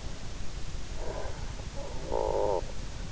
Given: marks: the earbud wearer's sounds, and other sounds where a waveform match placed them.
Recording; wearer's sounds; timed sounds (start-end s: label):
sounds in sleep by an in-ear microphone; snoring breath
0.47-3.03 s: snoring breath